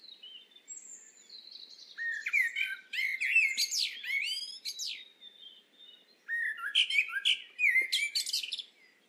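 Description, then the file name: Common blackbird song: fluted warbling phrases that break into high squeaky twitters, two bursts separated by a quieter pause. "Turdus merula"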